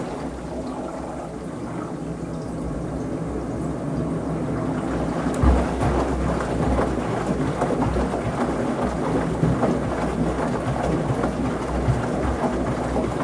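A washing machine runs with laundry inside, its drum turning in a steady rumbling, gurgling churn. Low rumble underlies dense sloshing and pattering that thickens after about five seconds, where a brief thump stands out. The level stays fairly even throughout.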